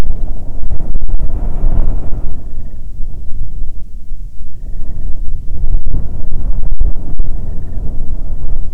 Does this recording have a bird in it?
yes